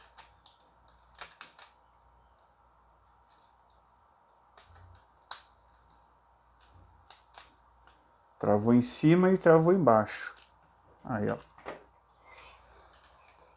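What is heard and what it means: A plastic fairing on a transforming figure is pressed onto its wheel section, with sharp plastic clicks at 1.4 s and 5.3 s as it locks at the top and bottom. Fainter ticks and taps occur around them, and someone talks from about 8.5 s. The fairing is seated, locked top and bottom.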